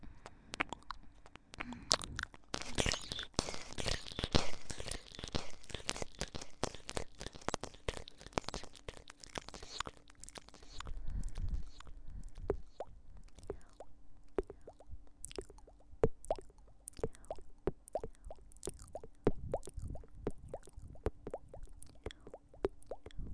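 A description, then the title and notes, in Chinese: Kisses and pecking mouth sounds at the ear, a dense run of quick wet pops and smacks with no pause. They are busiest and loudest in the first five seconds, then settle into an irregular patter over a faint steady hum. 回声}啄耳＋kiss＋嗷呜＋啵啵（asmr助眠）。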